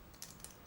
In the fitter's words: just very carefully push it in and it locks into place quite securely